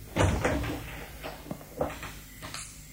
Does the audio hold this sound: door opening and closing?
yes